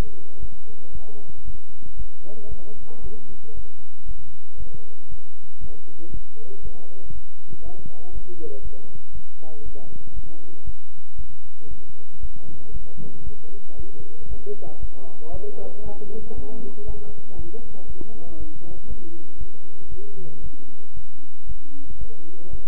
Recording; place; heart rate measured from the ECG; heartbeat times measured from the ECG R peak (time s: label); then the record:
heart sounds by stethoscope; between the tricuspid and mitral areas; 117 bpm
0.40 s: heartbeat
0.93 s: heartbeat
1.45 s: heartbeat
1.97 s: heartbeat
2.49 s: heartbeat
3.02 s: heartbeat
3.55 s: heartbeat
4.06 s: heartbeat
4.58 s: heartbeat
5.09 s: heartbeat
5.61 s: heartbeat
6.12 s: heartbeat
6.63 s: heartbeat
7.13 s: heartbeat
7.63 s: heartbeat
8.13 s: heartbeat
8.63 s: heartbeat
9.13 s: heartbeat
9.64 s: heartbeat
10.14 s: heartbeat
10.65 s: heartbeat
11.16 s: heartbeat
11.69 s: heartbeat
12.21 s: heartbeat
12.72 s: heartbeat
13.24 s: heartbeat
13.77 s: heartbeat
14.29 s: heartbeat
14.80 s: heartbeat
15.32 s: heartbeat
15.84 s: heartbeat
16.35 s: heartbeat
16.86 s: heartbeat
17.37 s: heartbeat
17.87 s: heartbeat
18.38 s: heartbeat
18.88 s: heartbeat
19.38 s: heartbeat
19.90 s: heartbeat
20.42 s: heartbeat
20.94 s: heartbeat
21.47 s: heartbeat
21.99 s: heartbeat
22.51 s: heartbeat
From the record:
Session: bicycle stress test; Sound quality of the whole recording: good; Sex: male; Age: 23 years